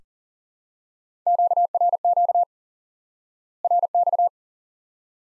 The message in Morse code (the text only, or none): QRQ RX